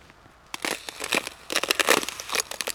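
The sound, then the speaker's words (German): Thin puddle ice crackles and crunches, starting after a brief quiet moment and then running as a dense series of sharp, crisp snaps and crinkles at a moderate level, with no voices. “Hier vorne bin ich schon vor der Pfütze und es knistert trotzdem schon.”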